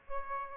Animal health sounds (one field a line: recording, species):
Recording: mosquito wingbeat signal from an infrared sensor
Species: Aedes aegypti